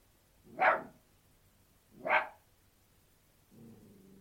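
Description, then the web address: Australian terrier barking: two sharp, loud barks about one and a half seconds apart, then a low steady hum starts near the end. An Australian terrier barking outdoors. "australian terrier barking exterior"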